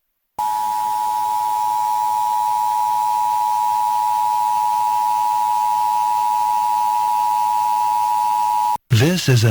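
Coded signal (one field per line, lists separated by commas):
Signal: Emergency Alert System (SAME) tones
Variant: 853 and 960 Hz attention tone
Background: speech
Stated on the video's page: Nationwide periodic EAS test relayed by local Kentucky radio stations, heard over-the-air and via web stream, including an AM station and an FM translator.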